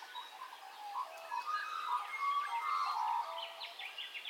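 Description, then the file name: Birds in a dawn chorus, many overlapping whistled and chirping notes from several birds, rising in density toward the middle, with a faint background hiss. Dawn ambience of birdcalls, recorded in stereo. "AMBIENCE DAWN BIRDCALLS 04 STEREO"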